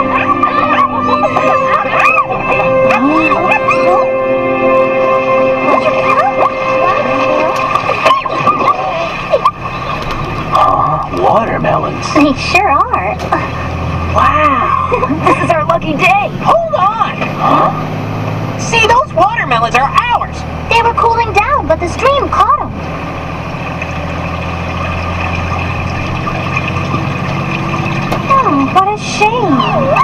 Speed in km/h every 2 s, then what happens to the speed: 63, 59, 48, 38, 36, 39, 43, 47, 53, 56, 58, 61, 65, 69, 76.
0-8 slows to 36. 8-30 speeds up to 76.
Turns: 4-11.